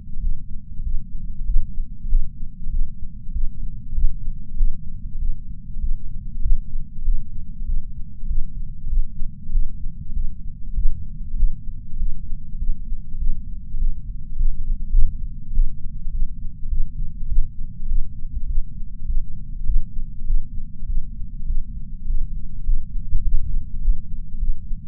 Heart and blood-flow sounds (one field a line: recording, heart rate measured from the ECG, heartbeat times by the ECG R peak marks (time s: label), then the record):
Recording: heart sounds by patch sensor on the chest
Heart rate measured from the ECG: 99 bpm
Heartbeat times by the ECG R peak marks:
0.21 s: heartbeat
0.84 s: heartbeat
1.46 s: heartbeat
2.09 s: heartbeat
2.71 s: heartbeat
3.33 s: heartbeat
3.94 s: heartbeat
4.57 s: heartbeat
5.19 s: heartbeat
5.81 s: heartbeat
6.42 s: heartbeat
7.04 s: heartbeat
7.66 s: heartbeat
8.28 s: heartbeat
8.89 s: heartbeat
9.51 s: heartbeat
10.14 s: heartbeat
10.75 s: heartbeat
11.36 s: heartbeat
11.98 s: heartbeat
12.59 s: heartbeat
13.19 s: heartbeat
13.79 s: heartbeat
14.37 s: heartbeat
14.91 s: heartbeat
15.53 s: heartbeat
16.12 s: heartbeat
16.70 s: heartbeat
17.28 s: heartbeat
17.88 s: heartbeat
18.48 s: heartbeat
19.07 s: heartbeat
19.66 s: heartbeat
20.26 s: heartbeat
20.87 s: heartbeat
21.47 s: heartbeat
22.07 s: heartbeat
22.66 s: heartbeat
23.24 s: heartbeat
23.81 s: heartbeat
24.39 s: heartbeat
From the record:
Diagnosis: coronary artery disease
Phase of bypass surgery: postoperative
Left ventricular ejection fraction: 66.9%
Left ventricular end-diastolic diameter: 46 mm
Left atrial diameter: 35 mm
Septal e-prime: 7.6 cm/s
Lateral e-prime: 10.1 cm/s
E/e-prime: 8.1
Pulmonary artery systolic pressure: 29 mmHg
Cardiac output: 6.1 L/min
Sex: male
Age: 63 years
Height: 180 cm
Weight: 65 kg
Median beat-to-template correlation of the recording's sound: 0.80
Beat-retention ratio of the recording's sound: 1.00